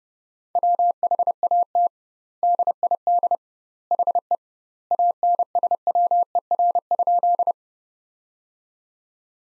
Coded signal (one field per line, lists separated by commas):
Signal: Morse code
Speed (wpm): 30 wpm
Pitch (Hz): 700 Hz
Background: none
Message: WHAT DID HE ANSWER?